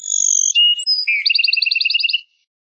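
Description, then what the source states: Bird song starting with a steady high whistled tone over a lower one, a brief swoop, then a rapid even sequence of about ten paired bouncing notes. Masteran tutor song of a bird singing gacor (energetically) in tembakan style, Indonesia.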